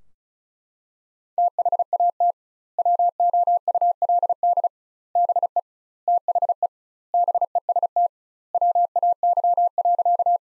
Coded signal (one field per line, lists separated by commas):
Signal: Morse code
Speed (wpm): 36 wpm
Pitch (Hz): 700 Hz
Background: none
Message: THAT WOULD BE THE BEST WAY.